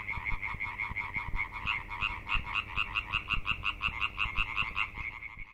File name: Hyla arborea